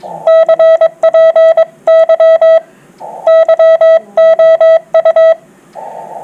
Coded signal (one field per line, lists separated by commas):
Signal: Morse code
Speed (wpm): 22 wpm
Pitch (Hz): 650 Hz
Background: none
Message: CPY YOU